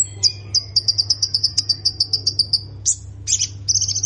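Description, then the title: Plain prinia delivering a rapid chain of high, evenly spaced chips. A couple of harsher notes and a buzzy burst follow. A steady low hum is present. "Ciblek Sawah"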